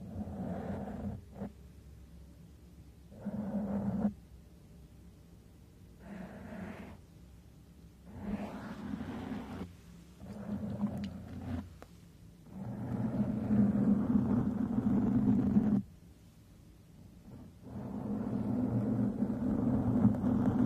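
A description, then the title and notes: Brushing, scratching and stroking against a microphone, in uneven bursts of rough, low rumbling rubs separated by short quiet gaps. The strokes grow longer and louder after about twelve seconds, with a sustained heavy scrape near fifteen seconds and another toward the end. MICROPHONE BRUSHING, SCRATHCHING & STROKING.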